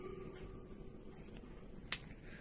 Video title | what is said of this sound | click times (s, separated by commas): VBM TOURNIQUET | Once you get a click sound, make sure that you get a click sound, which means it's thoroughly securely locked. | 1.9 s